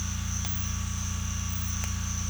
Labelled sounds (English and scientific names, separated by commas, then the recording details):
none
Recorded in secondary vegetation near Puerto Asís, Putumayo, Colombia, on 18 December 2024 at 06:30
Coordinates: 0.485, -76.322
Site GP08